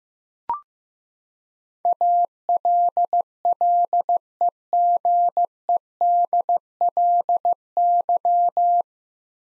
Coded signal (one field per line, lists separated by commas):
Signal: Morse code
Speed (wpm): 15 wpm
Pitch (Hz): 700 Hz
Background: none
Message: ALLEGEDLY